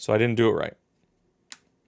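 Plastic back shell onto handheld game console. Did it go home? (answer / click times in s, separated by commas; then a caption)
yes / 1.5 s. Someone talks briefly, then a little pressure on the edge of the plastic back shell of a Nintendo Switch Lite handheld game console makes it snap closed with a sharp click at 1.5 s. The edge seats and the gap closes.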